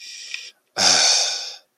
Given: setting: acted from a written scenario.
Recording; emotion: vocal sound without words; guilt